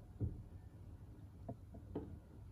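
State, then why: Seated. A black watch hand is pressed down onto the hand post (pinion) of the movement in a 38mm Stealth Field Mod NMK391 watch build. A faint, sharp click at 1.5 s marks the hand seating, with a soft knock near 0.2 s and another small tick at about 2.0 s. The hand is seated.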